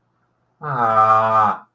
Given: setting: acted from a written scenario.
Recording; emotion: vocal sound without words; sadness